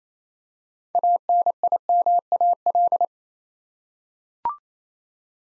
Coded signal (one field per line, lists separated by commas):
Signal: Morse code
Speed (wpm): 27 wpm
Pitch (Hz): 700 Hz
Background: none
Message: ANIMAL